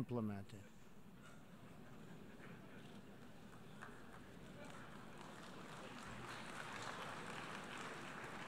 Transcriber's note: applause